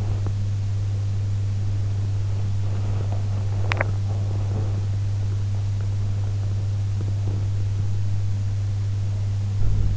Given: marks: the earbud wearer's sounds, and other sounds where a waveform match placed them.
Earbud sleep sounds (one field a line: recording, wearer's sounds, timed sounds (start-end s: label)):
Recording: sounds in sleep by an in-ear microphone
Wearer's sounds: teeth grinding, body movement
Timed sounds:
0.00-0.39 s: teeth grinding
2.63-4.80 s: body movement
3.69-3.96 s: teeth grinding